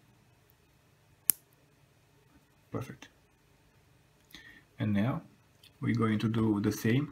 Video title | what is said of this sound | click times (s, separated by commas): How to connect LED strips with clip on connectors | you hear the click perfect | 1.3 s